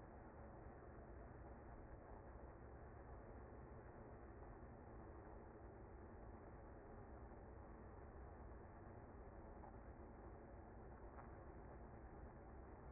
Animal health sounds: honeybee colony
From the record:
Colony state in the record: active

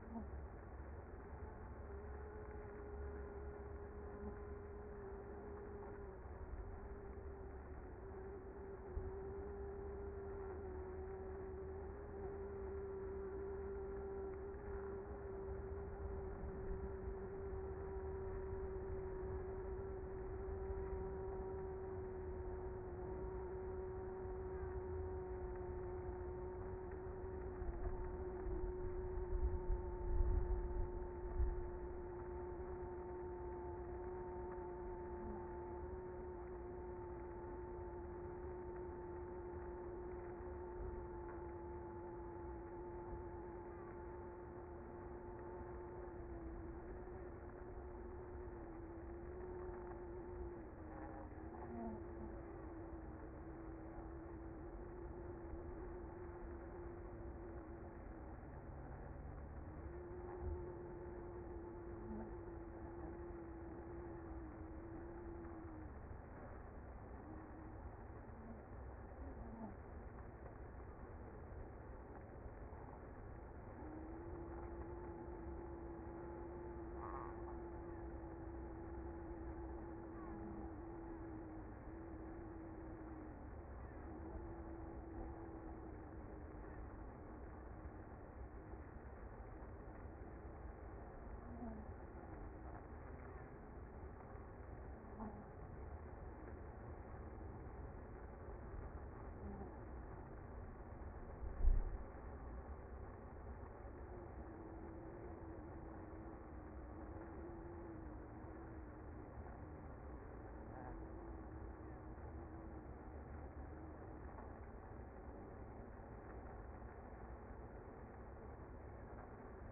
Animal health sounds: honeybee colony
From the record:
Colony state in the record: active

